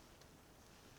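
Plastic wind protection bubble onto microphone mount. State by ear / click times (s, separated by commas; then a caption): not seated / none. A plastic bubble-style wind protection is being fitted over the top of a field-recording microphone and pushed onto its mount. Only a steady, broadband wind-like rustle is heard, with no sharp hits. Nothing has seated or clicked into place yet.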